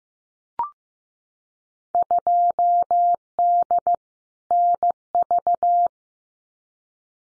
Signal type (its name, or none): Morse code